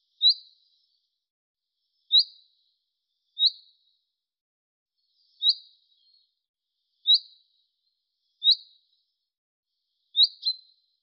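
Bird giving short high chirps, eight notes spaced about one to two seconds apart, the last two close together, against a silent background.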